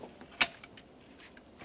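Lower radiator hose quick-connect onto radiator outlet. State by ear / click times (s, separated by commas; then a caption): seated / 0.4 s. The lower radiator hose quick-connect is pressed onto the radiator outlet of a 2012-2015 Honda Civic 1.8L I4, and its metal retaining clip gives one sharp, bright click at 0.4 s. Faint handling noise follows as the hose is tugged to check it. The clip is seated.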